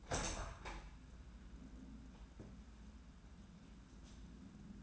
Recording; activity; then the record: daily activity, microphone in the room; open window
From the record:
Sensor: 2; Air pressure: 994.2 hPa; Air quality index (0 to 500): 210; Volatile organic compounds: 1000 ppm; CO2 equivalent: 6966 ppm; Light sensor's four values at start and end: 64/150/61/60 and 72/166/69/69